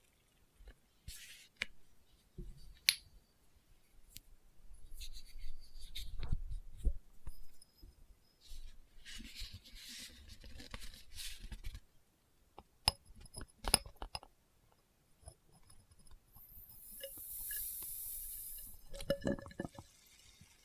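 Experimental triggers with test tubes: irregular clicks, glassy taps and scratchy rustles come in bursts, with a bright hiss swelling around seventeen seconds.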